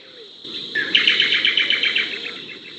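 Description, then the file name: Dark-brown honeyeater singing a quick, slightly buzzy chattering trill of many short notes over a constant shrill background hum. "lichmera incana"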